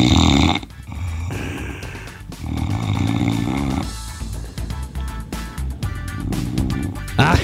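Low, rumbling snore bursts repeat roughly every second or so, each with a rough, fluttering quality and short quieter gaps between them. This is an adult man's snoring, recorded at home by his wife and replayed over the radio, with some overlaid broadcast sound.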